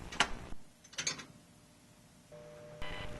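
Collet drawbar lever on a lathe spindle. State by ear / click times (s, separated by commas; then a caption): seated / 0.2 s. A collet drawbar lever on a lathe spindle, with the drawbar tightened correctly, is fully extended and locks into place with a sharp snap at 0.2 s. A few lighter metallic clicks follow around 1.0 s, and a faint steady hum with one more click near 2.8 s closes the clip.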